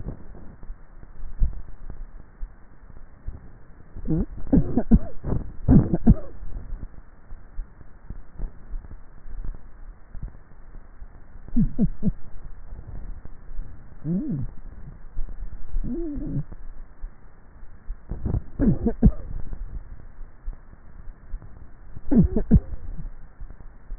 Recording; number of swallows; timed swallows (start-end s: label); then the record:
swallowing sounds by neck microphone; 2
1.35-1.98 s: swallow
15.35-15.72 s: swallow
From the record:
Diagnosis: dysphagia